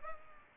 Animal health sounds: mosquito wingbeat signal from an infrared sensor; Aedes aegypti

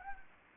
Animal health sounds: mosquito wingbeat signal from an infrared sensor; Anopheles gambiae

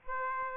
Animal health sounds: mosquito wingbeat signal from an infrared sensor; Aedes aegypti

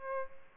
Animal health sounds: mosquito wingbeat signal from an infrared sensor; Aedes albopictus

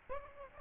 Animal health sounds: mosquito wingbeat signal from an infrared sensor; Aedes albopictus

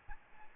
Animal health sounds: mosquito wingbeat signal from an infrared sensor; Aedes albopictus

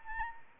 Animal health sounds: mosquito wingbeat signal from an infrared sensor; Anopheles arabiensis

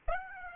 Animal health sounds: mosquito wingbeat signal from an infrared sensor; Aedes aegypti

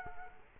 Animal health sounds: mosquito wingbeat signal from an infrared sensor; Culex quinquefasciatus

